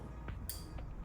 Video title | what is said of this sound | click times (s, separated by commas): Asthma का इलाज - asthma doctor - Asthma Treatment In Indore - Inhalers- Types & Uses - Dr. SZ Jafrey | ये click sound प रुक जाइए यह लोड हो चुका है ड्रग बाहर आ चुकी है आपको सिंपल मह में लेना है | 0.5 s